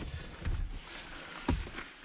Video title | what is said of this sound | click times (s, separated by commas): I BOUGHT a 2003 Volvo XC90 | and you pull the seat base forward and you hear that engage. | 1.5 s